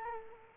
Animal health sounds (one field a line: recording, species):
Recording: mosquito wingbeat signal from an infrared sensor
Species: Culex quinquefasciatus